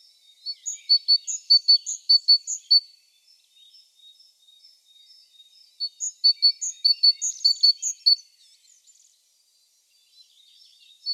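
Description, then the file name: Great tit giving two bursts of quick, high, sharp notes in repeated pairs, separated by a pause of a few seconds. "Parus major"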